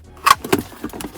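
A clipped plastic interior trim panel in the centre of a car's dashboard/console is pulled sharply and straight from both sides. Its clips release with two sharp snaps at 0.3 s and 0.5 s, followed by fainter clicks and rattles. The panel pops out free.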